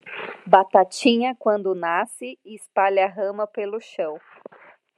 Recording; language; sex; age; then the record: short text; Brazilian Portuguese; female; 30 to 39 years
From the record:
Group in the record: control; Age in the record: 36 years